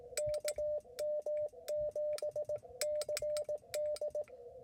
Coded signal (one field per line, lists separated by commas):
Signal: Morse code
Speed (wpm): 17 wpm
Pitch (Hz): 600 Hz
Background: radio noise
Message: KM7CD